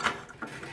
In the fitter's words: Snap her in can't push on these boxes too hard cuz they're pretty flimsy